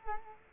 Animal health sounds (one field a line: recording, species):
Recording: mosquito wingbeat signal from an infrared sensor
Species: Culex quinquefasciatus